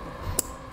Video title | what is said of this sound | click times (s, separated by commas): Set up: T-One Vehicle Wiring Harness with 4-Pole Flat Trailer Connector on a 2017 Ford Edge | we're just gonna match our end, plug that in until it clicks, and then we'll plug that in into our taillight. | 0.4 s